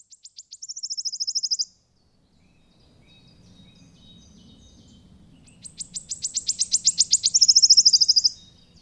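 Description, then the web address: Wood warbler singing a high, dry, accelerating series of ticks that runs into a fast shimmering trill, heard twice with a quiet gap between phrases. "agykontroll Madardalok Cd 1. Sisegő füzike"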